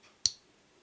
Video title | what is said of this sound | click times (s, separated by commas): Elliott Cansfield Honours Project Knife Walk and Talk Comparison | no issues when it comes to the sound or the there's the click you get in all four positions | 0.3 s